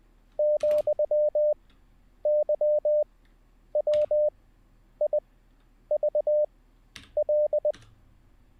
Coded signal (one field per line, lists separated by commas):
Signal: Morse code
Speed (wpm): 20 wpm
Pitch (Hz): 600 Hz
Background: none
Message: ,YWIVL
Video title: How To Learn Morse Code LIVE with N0SSC (Day 10)